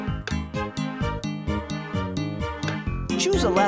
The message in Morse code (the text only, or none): none